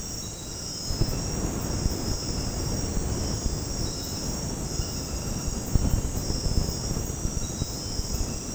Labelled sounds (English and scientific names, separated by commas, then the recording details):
none
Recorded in dense forest near Puerto Asís, Putumayo, Colombia, on 20 February 2024 at 00:00
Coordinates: 0.486, -76.316
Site G6437